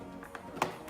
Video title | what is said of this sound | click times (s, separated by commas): Fms Kingfisher Build video from Fms | Once you hear a click, the canopy is secured. | 0.6 s